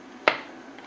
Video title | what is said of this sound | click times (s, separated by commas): Winchester 1895 Russian Musket Restoration - Part 3 | and it snaps in. | 0.3 s